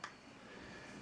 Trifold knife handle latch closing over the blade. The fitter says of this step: and once it's closed up you hear a snap